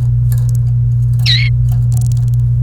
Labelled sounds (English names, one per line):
Domestic Canary song